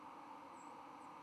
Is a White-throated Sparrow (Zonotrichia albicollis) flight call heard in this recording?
no